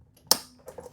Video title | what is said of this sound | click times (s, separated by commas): How to Install Zumi SpringWhat 6-in-1 Tap for Sparking, Still, Chilled, Boiling - Under Bench Unit | Push it in until you hear the click. | 0.3 s